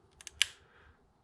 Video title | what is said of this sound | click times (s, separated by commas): About Time I Swapped this TDi Injector | it back like that. You hear it pop, and then slides right off. | 0.4 s